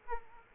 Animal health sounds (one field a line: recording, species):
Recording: mosquito wingbeat signal from an infrared sensor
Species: Aedes aegypti